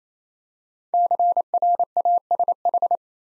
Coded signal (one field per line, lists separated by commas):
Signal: Morse code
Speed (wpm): 27 wpm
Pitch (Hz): 700 Hz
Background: none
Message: CRASH